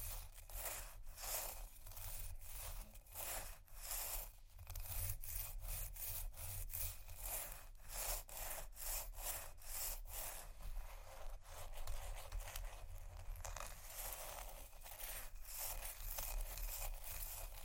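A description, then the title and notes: Ice is scratched in a steady run of rough, bright scraping strokes that repeat every half second or so for the whole stretch. The strokes blur into a dense, hissy texture. A low rumble holds underneath throughout, and no distinct taps stand out. No Talking.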